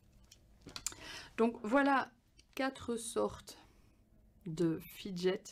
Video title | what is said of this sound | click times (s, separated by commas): Les fidgets qu'est ce que c'est et lesquels choisir | OK et toujours dans la même famille on a celui-ci pareil qui va pouvoir hop se clipser ou pas | 0.9 s